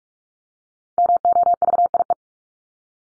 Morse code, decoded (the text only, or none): MOVIE